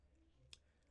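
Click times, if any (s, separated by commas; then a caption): 0.5 s. A homemade magnetic wireless charger pad, with magnets inside and a white covering on top, is brought to the back of an iPhone 12 mini and snaps on magnetically. A single short, sharp click sounds at 0.5 s over a low, steady background hum. The charger is seated on the phone.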